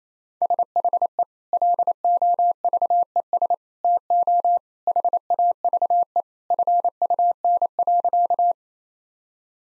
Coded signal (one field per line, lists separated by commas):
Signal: Morse code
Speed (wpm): 28 wpm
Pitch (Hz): 700 Hz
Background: none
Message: SHE LOVES TO HAVE FUN.